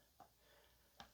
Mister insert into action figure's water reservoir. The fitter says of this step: like this and then you'll just push down and make sure that it's locked in and you're ready to go